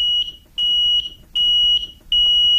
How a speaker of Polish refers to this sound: W ogóle akcja edukacyjna, o której Państwo mówili, by zamiast sygnału czasu w radiu włączać sygnał czujki czadu.